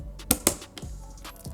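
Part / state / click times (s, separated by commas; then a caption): RAM module into motherboard DIMM slot / seated / 0.3 s, 0.5 s. A RAM stick is pressed down into a motherboard DIMM slot until the retention tabs at both ends click shut. Two sharp, bright clicks sound at 0.3 s and 0.5 s, followed by softer handling taps. Both tabs end up fully seated.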